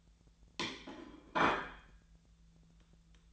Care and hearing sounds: daily activity, microphone in the room; place plate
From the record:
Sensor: 3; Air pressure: 1009.3 hPa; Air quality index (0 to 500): 198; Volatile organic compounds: 17 ppm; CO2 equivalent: 2570 ppm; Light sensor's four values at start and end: 32/78/33/36 and 31/77/33/35

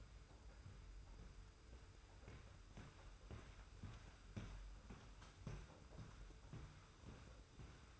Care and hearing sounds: daily activity, microphone in the room; walk to room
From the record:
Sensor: 2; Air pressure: 991.0 hPa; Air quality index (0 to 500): 111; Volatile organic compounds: 52 ppm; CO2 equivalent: 3326 ppm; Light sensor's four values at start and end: 34/101/40/38 and 33/98/39/37

